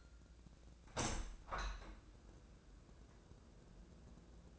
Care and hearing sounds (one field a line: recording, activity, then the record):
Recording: daily activity, microphone in the room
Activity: open window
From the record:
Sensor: 2